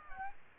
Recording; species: mosquito wingbeat signal from an infrared sensor; Aedes aegypti